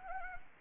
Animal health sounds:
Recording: mosquito wingbeat signal from an infrared sensor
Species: Anopheles arabiensis

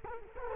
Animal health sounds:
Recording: mosquito wingbeat signal from an infrared sensor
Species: Culex quinquefasciatus

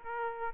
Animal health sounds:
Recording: mosquito wingbeat signal from an infrared sensor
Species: Aedes aegypti

